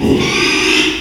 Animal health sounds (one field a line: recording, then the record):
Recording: squeal of a Yucatan mini pig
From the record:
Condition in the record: after surgery on the right vocal fold (resection and tissue-engineered implant)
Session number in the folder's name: 1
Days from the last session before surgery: 6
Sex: male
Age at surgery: 12 weeks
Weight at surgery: 13 kg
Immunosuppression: cyclosporine, prednisolone